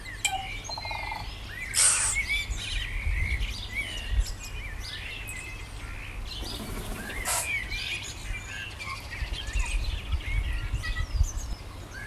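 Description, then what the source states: Overlapping birdsong of chirps and whistles with a couple of harsh noisy bursts, several singers at once over a steady low hum. Morning.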